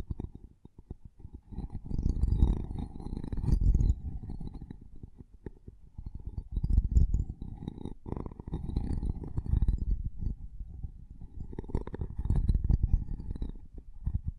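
Intense mic tapping and scratching, a dense rumbling crackle of rapid taps and rubs, heaviest in the low end with a faint brighter scratch above. It comes in swelling bursts around 2–4, 7–9 and 12–13 seconds, easing to quieter rustling between them.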